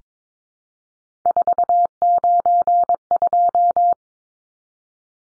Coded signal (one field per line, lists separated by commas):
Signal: Morse code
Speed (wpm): 22 wpm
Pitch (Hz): 700 Hz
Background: none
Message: 492